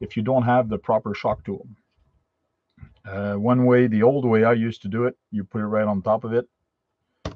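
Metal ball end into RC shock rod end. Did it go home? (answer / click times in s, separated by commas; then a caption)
yes / 7.3 s. A metal ball end is pressed by hand onto the plastic shock rod end of a Cross RC AT6 shock, the old way without a shock tool. Someone talks through most of the clip, then a single sharp click at 7.3 s marks the ball end seating and being installed.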